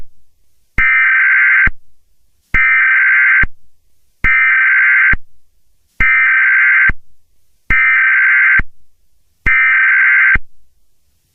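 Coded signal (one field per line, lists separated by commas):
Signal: Emergency Alert System (SAME) tones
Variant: header bursts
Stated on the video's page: Fictional mini EAS end-of-the-world scenario alert about a black hole forming inside the planet.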